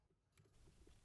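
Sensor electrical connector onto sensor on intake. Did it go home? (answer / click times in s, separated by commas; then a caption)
no / none. A sensor electrical connector is being handled onto its sensor on the intake of an Alfa Romeo Giulia/Stelvio 2.0T, with its plastic locking tab still to be pushed closed. Quiet handling noise is heard, with a brief hiss of rubbing around 0.4 to 0.5 s and soft low bumps toward the end. Nothing has seated or clicked yet.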